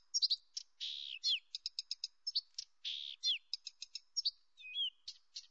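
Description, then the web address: Blyth's reed warbler song, a varied run of clicks, buzzy notes and slurred whistles, no other sounds. Nominate subspecies dumetorum. "birds acrocephalus dumetorum dumetorum"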